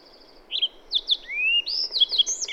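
Bird song: a quick phrase of high chirps, a long rising whistled slur, then a run of sharp, high, twisting notes.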